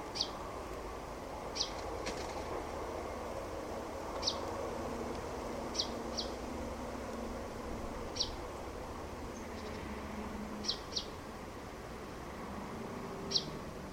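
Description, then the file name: Common chaffinch giving short sharp high calls, single or doubled, repeated every one to three seconds over a steady background hum. "Fringilla coelebs"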